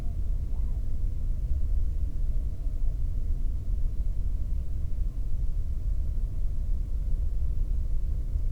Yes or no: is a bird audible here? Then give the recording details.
yes. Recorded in the Prudhoe Bay oil fields, Alaska, on 22 May 2019 at 00:34. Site 19